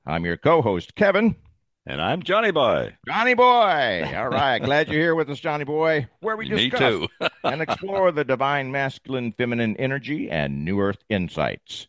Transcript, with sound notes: I'm your co-host, Kevin.
And I'm Johnny boy.
Johnny boy.
(laughs)
All right. Glad you're here with us, Johnny boy, where we discuss-
Me, too. (laughs)
... and explore the divine masculine feminine energy and new Earth insights.